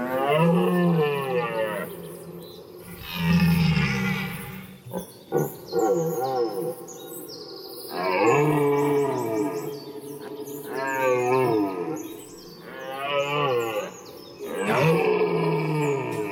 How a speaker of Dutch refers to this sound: Het is half september. We zitten op de Veluwe en dat betekent één ding. Bronstige herten. Geweien worden trots de lucht ingestoken.